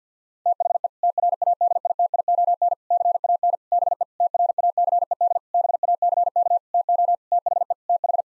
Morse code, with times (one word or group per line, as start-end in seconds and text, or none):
0.5-0.9 THE
1.0-2.7 TRADITION
2.9-3.6 CAN
3.7-4.0 BE
4.2-5.4 TRACED
5.5-6.6 BACK
6.7-7.1 TO
7.3-7.7 THE
7.9-8.2 TH